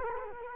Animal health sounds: mosquito wingbeat signal from an infrared sensor; Culex quinquefasciatus

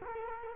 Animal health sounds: mosquito wingbeat signal from an infrared sensor; Culex quinquefasciatus

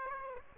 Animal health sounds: mosquito wingbeat signal from an infrared sensor; Aedes aegypti

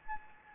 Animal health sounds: mosquito wingbeat signal from an infrared sensor; Anopheles gambiae

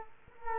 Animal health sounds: mosquito wingbeat signal from an infrared sensor; Culex quinquefasciatus

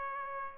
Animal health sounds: mosquito wingbeat signal from an infrared sensor; Aedes aegypti

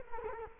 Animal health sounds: mosquito wingbeat signal from an infrared sensor; Culex quinquefasciatus

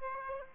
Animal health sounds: mosquito wingbeat signal from an infrared sensor; Aedes aegypti

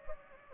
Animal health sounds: mosquito wingbeat signal from an infrared sensor; Anopheles gambiae

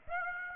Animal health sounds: mosquito wingbeat signal from an infrared sensor; Aedes aegypti

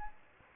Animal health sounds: mosquito wingbeat signal from an infrared sensor; Aedes aegypti

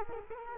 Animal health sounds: mosquito wingbeat signal from an infrared sensor; Culex quinquefasciatus

